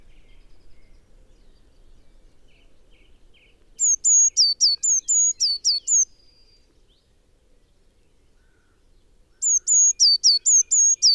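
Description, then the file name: Eurasian blue tit giving two quick bursts of high, thin downslurred and flat notes, separated by several seconds of quiet. "Cyanistes caeruleus"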